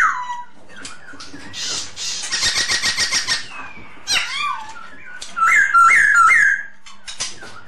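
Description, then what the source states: Masked laughingthrush song mixing scratchy rapid chatter with three loud whistled notes repeated near the end. Lure song (suara pancingan) of the poksay hongkong.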